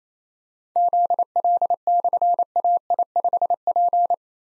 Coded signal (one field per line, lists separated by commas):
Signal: Morse code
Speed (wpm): 27 wpm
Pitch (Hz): 700 Hz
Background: none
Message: ZL/AI5P